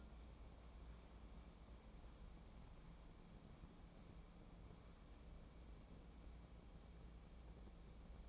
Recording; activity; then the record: daily activity, microphone in the room; wipe stove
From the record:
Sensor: 1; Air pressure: 1012.4 hPa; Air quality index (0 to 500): 152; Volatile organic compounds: 2 ppm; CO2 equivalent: 1248 ppm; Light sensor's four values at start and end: 1032/2165/1042/1180 and 970/2050/981/1116